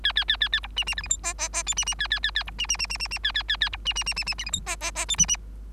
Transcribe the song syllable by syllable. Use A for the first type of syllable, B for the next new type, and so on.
A A A A A B C C D E F G G G H C C A A A A B C C C C C C A A A A B C C C C C E F G G G H C C